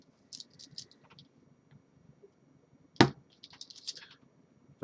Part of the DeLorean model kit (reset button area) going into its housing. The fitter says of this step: it and then it will click into place now mine's a bit slightly